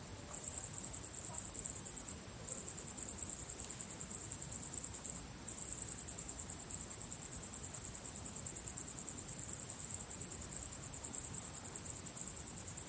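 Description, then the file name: Rapid high cricket chirping fills the whole stretch, pausing briefly twice early on, then continuing as a steady shimmering chorus. Recorded at sunset. "syrsor solnedgang"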